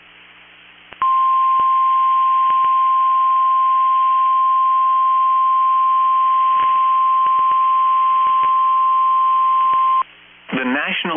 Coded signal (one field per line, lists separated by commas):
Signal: Emergency Alert System (SAME) tones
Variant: 1050 Hz attention tone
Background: speech